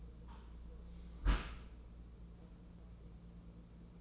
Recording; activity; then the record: daily activity, microphone in the room; close dishwasher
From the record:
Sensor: 1